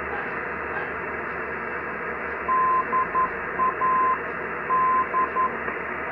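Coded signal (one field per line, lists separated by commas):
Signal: Morse code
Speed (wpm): 11 wpm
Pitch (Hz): 1030 Hz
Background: radio noise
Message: DAD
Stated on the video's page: 200 kHz non-directional beacon in Brazil, received on an Icom IC-R75 with a magnetic mini loop antenna.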